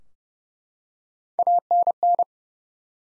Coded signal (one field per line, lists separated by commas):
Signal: Morse code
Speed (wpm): 30 wpm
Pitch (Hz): 700 Hz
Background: none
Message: ANN